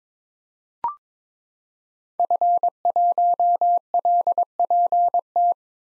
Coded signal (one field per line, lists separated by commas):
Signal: Morse code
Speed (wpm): 22 wpm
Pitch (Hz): 700 Hz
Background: none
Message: F1LPT